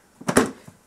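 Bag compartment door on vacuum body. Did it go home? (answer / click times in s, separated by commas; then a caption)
yes / 0.4 s. A Miele Complete C2 Cat & Dog vacuum cleaner's plastic bag compartment door is closed on the vacuum body, giving a short knock at 0.3 s and then a louder latch click at 0.4 s. The door latches shut and feels very nice and solid.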